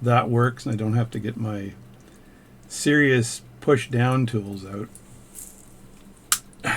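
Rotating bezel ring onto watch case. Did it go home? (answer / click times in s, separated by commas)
yes / 6.3 s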